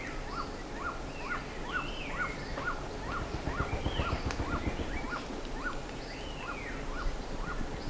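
Bird calls, a short note repeated steadily about twice a second, with higher swooping whistles from other birds over a faint noisy background.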